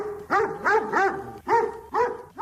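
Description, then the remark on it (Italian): A dog bark sound effect marking the 'il tempo dei cani e dei gatti' segment of the radio show 24 Mattino: five barks in quick, uneven succession, each a loud, mid-pitched, tonal woof with a slight rise and fall, with no one talking. “Rieccoci, 8, 17 minuti, 55 secondi, il tempo dei cani e dei gatti, Luca Telese e Oscar Giannino.”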